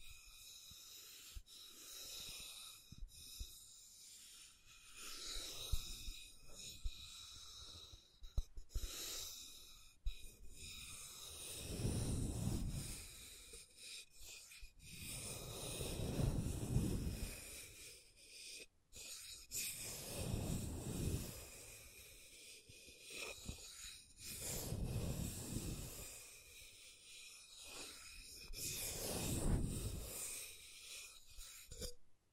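Scratching and tracing sounds, with slow strokes that swell and fade every few seconds, each rising to a soft rough rasp before trailing off. Quicker, lighter scratches fill the gaps, and a sharp click lands near nineteen seconds.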